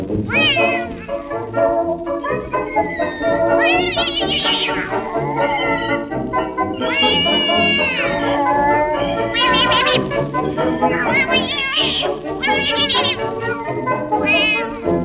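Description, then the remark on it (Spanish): Loud, continuous yowling and meowing from cats, with wavering, rising and falling cries layered over one another for the whole stretch, shrill and strained like a drawn-out caterwaul. “Pero ponte en precaución si oyes barrameao.”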